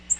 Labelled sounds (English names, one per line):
Nashville Warbler flight call